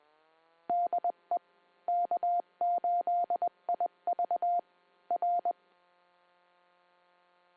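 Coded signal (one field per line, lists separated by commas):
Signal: Morse code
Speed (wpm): 20 wpm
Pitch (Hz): 700 Hz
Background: none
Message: DE K8IV R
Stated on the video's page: Heard on a 2 meter club net repeater on 146.895 MHz, received with a Flex 6700, preamp/power amp and old Mosley 5/8 base antenna.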